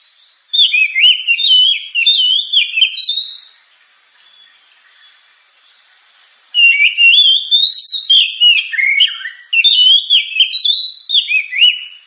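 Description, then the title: Oriental magpie-robin pouring out rapid, varied whistled and chattering phrases, pausing about three seconds midway before resuming. Described as a loud, sharp, very powerful song used to prompt and train other birds to sing. "Kacer Gacor Suara Tajam. Kacer Gacor Suara Super Kenceng Cocok untuk Pancingan"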